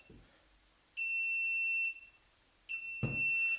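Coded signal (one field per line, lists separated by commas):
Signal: beep code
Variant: Classic Army airsoft gun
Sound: two steady high-pitched electronic beeps with a pause between, then a handling thud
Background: handling noise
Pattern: 2 beeps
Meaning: Beep, pause, beep sets the fire mode to safe and semi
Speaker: so beep, pause, beep, is safe semi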